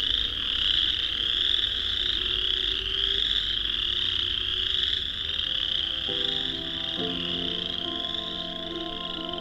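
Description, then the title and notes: Chorus frogs calling en masse in a continuous trilling drone, joined in the second half by faint low sustained tones beneath the chorus. Thousands, perhaps tens of thousands, of chorus frogs in Vinemount Swamp on a spring walk at dusk; frogs use calls to establish territory. "An Evening With Chorus Frogs. Tonight we'll be taking dusk spring walk through the Vinemount Swamp, and will hear thousands, maybe tens of thousands, of chorus frogs. Rob Porter. Songbirding"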